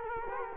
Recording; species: mosquito wingbeat signal from an infrared sensor; Culex quinquefasciatus